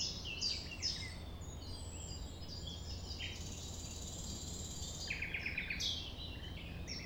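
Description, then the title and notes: Common nightingale song with quick varied notes and a dry buzzy trill, over low steady background noise. Recorded at 6 a.m. at sunrise near the Thève river at Champ de Ménage; the nightingale sings amid other sounds rather than waiting for silence. "6 A.M. Lever du soleil non loin de la Thève au Champ de Ménage. Le rossignol n'attend pas le silence."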